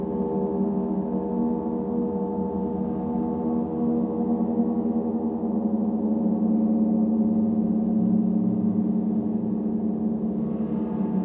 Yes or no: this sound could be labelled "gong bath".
yes